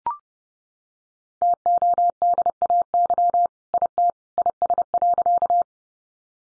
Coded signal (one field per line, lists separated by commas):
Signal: Morse code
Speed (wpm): 30 wpm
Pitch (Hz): 700 Hz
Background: none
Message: TODAY IT IS.